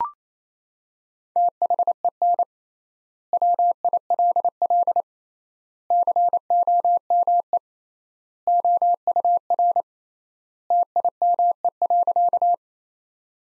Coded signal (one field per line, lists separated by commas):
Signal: Morse code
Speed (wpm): 27 wpm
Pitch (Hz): 700 Hz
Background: none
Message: THEN WILL COME OUR TIME.